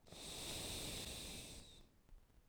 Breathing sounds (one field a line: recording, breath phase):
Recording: one breath near a microphone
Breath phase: exhalation